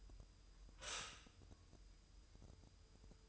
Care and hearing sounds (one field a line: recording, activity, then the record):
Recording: daily activity, microphone in the room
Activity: stop toaster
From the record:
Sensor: 2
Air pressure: 988.5 hPa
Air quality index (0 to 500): 191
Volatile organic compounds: 185 ppm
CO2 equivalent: 4162 ppm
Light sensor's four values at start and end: 20/68/26/25 and 20/68/26/25